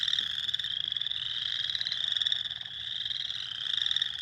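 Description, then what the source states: Spring peepers calling in a dense chorus, overlapping high, piping peeps merging into a steady shrill wall of sound with slight swells in loudness. Recorded 2021-04-06.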